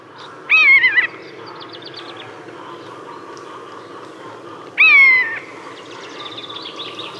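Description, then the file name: Common buzzard with two plaintive, descending mewing cries, roughly four seconds apart; faint chirps from other birds in between and afterwards. "Musvåk"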